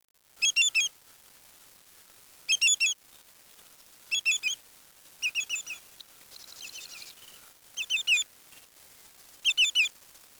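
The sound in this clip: Birds: repeated bursts of three or four rapid bright chirps, with one softer buzzy trill midway through.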